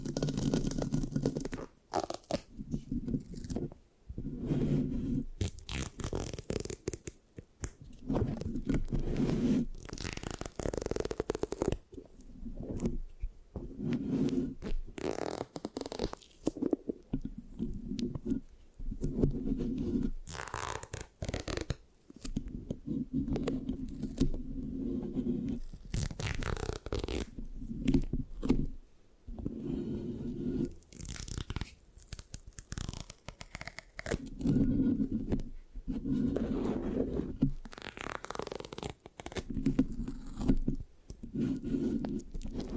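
Mic scratching and sticky tapping continue throughout in dense, rubbing bursts, heavy and low, broken by frequent brief pauses, with no talking.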